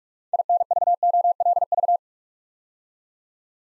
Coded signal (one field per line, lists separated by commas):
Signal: Morse code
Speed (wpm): 44 wpm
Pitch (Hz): 700 Hz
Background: none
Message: INVOLV